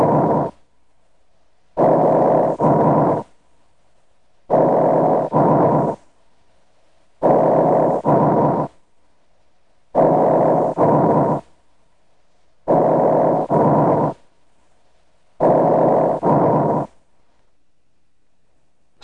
Tracheal and mainstem bronchi breath sounds. Normal breath sounds are classified as tracheal and mainstem bronchi sounds. Tracheal and mainstem bronchi breath sounds are loud and can be heard throughout inspiration and expiration over the trachea and mainstem bronchi.